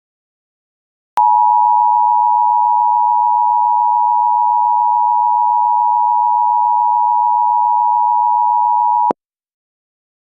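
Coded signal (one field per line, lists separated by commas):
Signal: Emergency Alert System (SAME) tones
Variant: 853 and 960 Hz attention tone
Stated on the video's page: Real alert tones, as broadcast.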